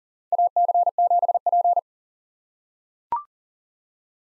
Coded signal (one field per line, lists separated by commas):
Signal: Morse code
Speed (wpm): 40 wpm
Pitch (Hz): 700 Hz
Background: none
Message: AC7P